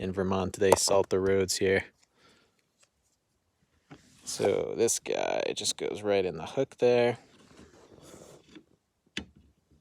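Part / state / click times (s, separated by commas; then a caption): rear wiper blade onto rear wiper arm hook of a hatchback / not seated / none. A new rear wiper blade for a Hyundai Elantra GT hatchback is hooked onto the end of the rear wiper arm, with its plastic retaining clip still to be pushed into place. Someone talks while faint handling noises and a brief sharp tap near 9.2 s are heard. Nothing has seated or clicked yet.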